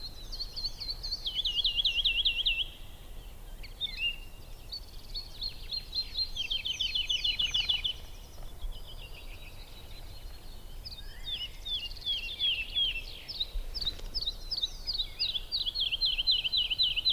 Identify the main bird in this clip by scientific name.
Lullula arborea